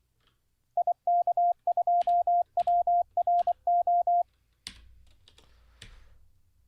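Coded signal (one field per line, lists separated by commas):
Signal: Morse code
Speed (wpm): 24 wpm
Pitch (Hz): 700 Hz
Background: none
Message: IK2WRO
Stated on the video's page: Live Morse code learning practice session, day 23 of daily 10-minute CW study.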